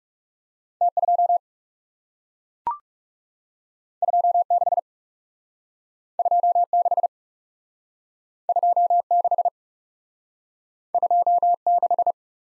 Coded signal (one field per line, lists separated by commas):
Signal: Morse code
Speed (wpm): 38 wpm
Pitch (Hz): 700 Hz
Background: none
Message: T 2 2 6 2 6 2 6 2 6